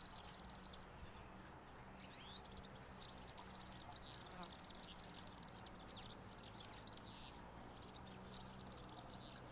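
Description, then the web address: European serin singing a rapid, high-pitched, sizzling jingle of tinkling notes, running almost continuously with a brief break near the start and another near the end. "Serin"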